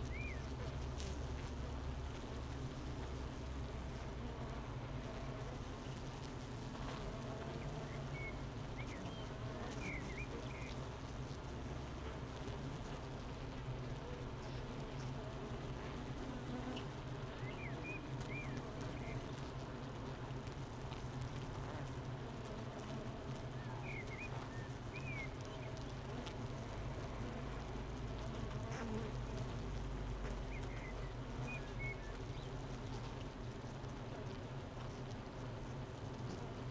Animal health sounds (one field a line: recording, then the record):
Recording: honeybee colony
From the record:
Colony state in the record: missing queen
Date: 31 May 2018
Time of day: 8:52